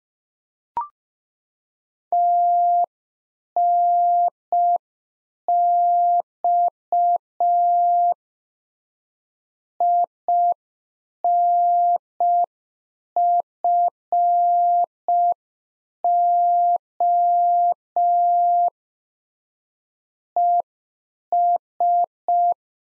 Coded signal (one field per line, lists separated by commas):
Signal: Morse code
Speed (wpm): 5 wpm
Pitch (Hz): 700 Hz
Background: none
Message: TNX INFO ES